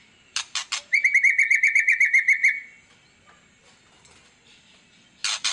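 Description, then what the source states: White-rumped shama giving harsh clicks, then a rapid even series of many bright whistled notes, ending in another harsh burst. Song used as a lure to make other birds respond; described as a lively, constantly singing bird.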